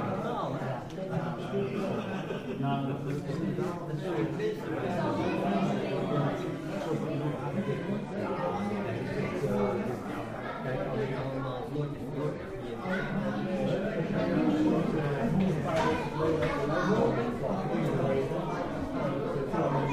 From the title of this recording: 3D audio ambient soundscape of a photo exposition